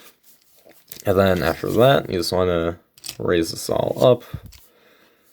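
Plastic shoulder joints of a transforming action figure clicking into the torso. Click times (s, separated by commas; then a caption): 0.9 s. The plastic shoulder joints of a Transformers Legacy Deluxe Class Arcee action figure are raised during transformation and click into their locked position in the torso, with a sharp click at 0.9 s after a few faint ticks. Someone then talks. The shoulders are seated.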